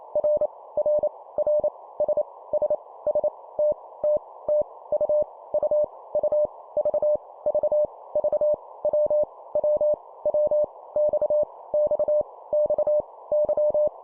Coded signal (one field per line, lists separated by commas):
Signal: Morse code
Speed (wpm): 28 wpm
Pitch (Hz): 600 Hz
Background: none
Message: R R R S S S T T T U U U V V V W W W X X X Y